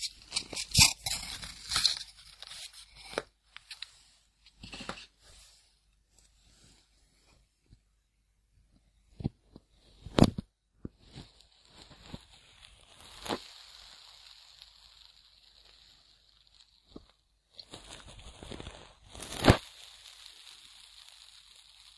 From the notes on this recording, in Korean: 귀청소